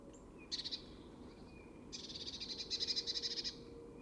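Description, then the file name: Eurasian blue tit giving buzzy, rapid churring calls, a short burst near the start, then a longer rattling series lasting about a second and a half. "Cyanistes caeruleus"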